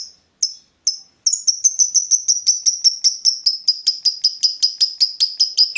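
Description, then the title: Lovebird chirps, high and sharp, at first spaced apart, then running into a fast, steady series. Lovebird's style of calling shown as clever 'baiting' (memancing), prompting other birds to sing. "Dari Gayanya Lovebird Ini Terlihat Pintar Sekali Memancing"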